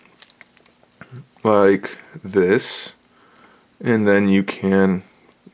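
A plastic stand adapter is handled against the groove on the crotch of a poseable Robot Damashii Gundam Unicorn Banshee Destroy Mode action figure, with a few light plastic ticks and taps early on. Someone talks through the middle and end. Nothing has seated or snapped on yet.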